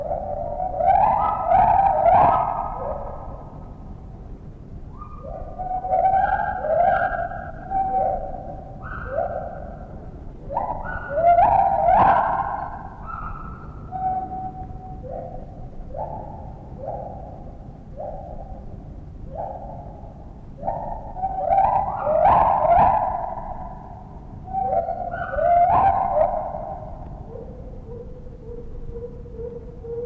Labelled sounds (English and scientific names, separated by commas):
Lar Gibbon (Hylobates lar)